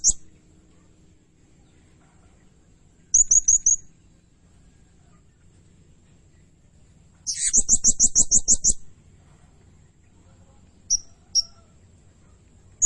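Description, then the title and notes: Blue-crowned hanging parrot calling with scattered thin high chips, a short pulsed trill, and one fast, shrill pulsed trill of about a second and a half. Lure and training recording of energetic, constantly calling blue-crowned hanging parrot, sung in the rapid 'nembak' style. "Burung Serindit Nembak Gacor. Suara Nasteran Dan Pemikat Burung Serinditan Gacor"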